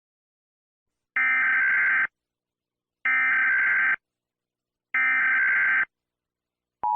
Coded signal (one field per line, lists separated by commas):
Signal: Emergency Alert System (SAME) tones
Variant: header bursts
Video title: EAS Scenario - The Deadly Big One